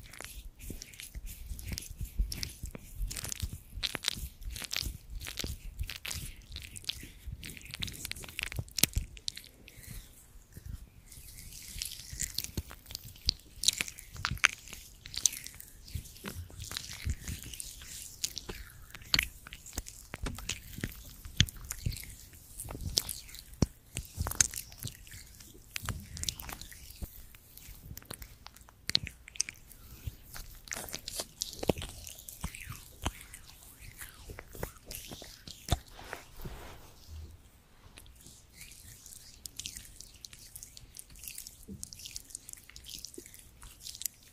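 Creamy products being worked with the hands in a massage, a dense run of wet, squishing clicks and smacks that crackle quickly and unevenly throughout. Sharper louder pops stand out now and then, with a brief quieter stretch near 37 seconds before the squelching resumes.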